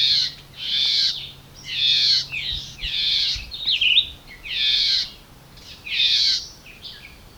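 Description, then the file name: Red-eyed vireo song: short, slurred, whistled phrases, each different, given one after another with brief pauses. "red-eyed vireo call by patrick blake"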